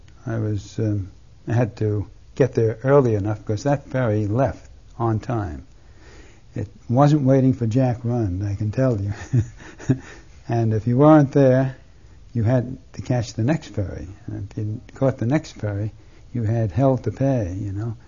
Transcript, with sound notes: I was, I had to get there early enough because that ferry left on time. It wasn't waiting for Jack Rund, I can tell you. (He laughs.) And if you weren't there, you had to catch the next ferry, and if you caught the next ferry you had hell to pay, you know.